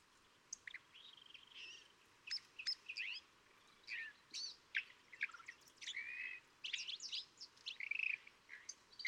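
California thrasher: songbird delivers a continuous, varied series of squeaky chirps and slurred whistles over a noticeable background hiss.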